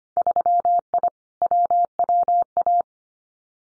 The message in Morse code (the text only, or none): 3I WWA